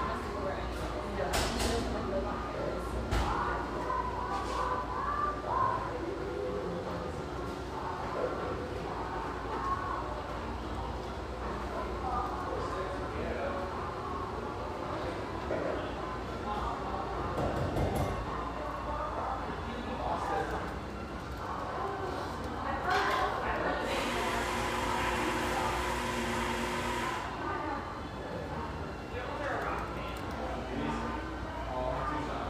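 Coffeehouse sounds in Hazelwood, Portland: a steady wash of chatter with mellow radio music underneath, a low hum running throughout. Scattered clinks and knocks come through, and around 23 to 27 seconds a loud hissing burst, like a steam wand, swells over everything.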